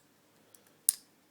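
The hinged rear battery cap on a weapon-mounted flashlight's metal body, which runs on two CR123 batteries and stays attached instead of coming off, is swung closed. A faint tick at 0.55 s is followed by a sharp, bright click at 0.9 s that quickly decays. The cap locks shut into place.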